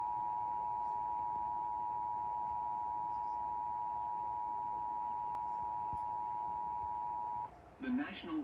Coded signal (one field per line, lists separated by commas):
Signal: Emergency Alert System (SAME) tones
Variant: 853 and 960 Hz attention tone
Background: speech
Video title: Tornado Warning (EAS #6) 8/10/23